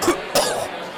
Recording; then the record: coughing mixed with background sound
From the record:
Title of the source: Coughing 79